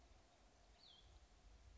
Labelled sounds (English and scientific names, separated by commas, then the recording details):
Cassin's Vireo (Vireo cassinii)
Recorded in Sonoma County, California